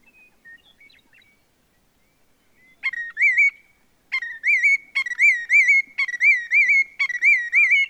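Willet calling: a few short faint notes, then loud rolling, wavering ringing calls that speed into a rapid repeated series over the final four seconds.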